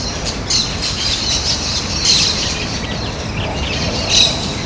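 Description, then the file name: Plain parakeet flock chatter, overlapping shrill screeches and chirps with peaks around two and four seconds, above a steady low noise floor. A flock calling at Ibirapuera, São Paulo, Brazil; recording possibly dated 7-12-12. "Brotogeris tirica flock Ibirapuera SP BR 7 12 12 ASIlveira"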